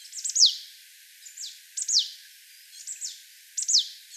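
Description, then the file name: Marsh tit calling with short clusters of explosive, steeply falling high notes, repeated several times over a quiet background. "Poecile palustris"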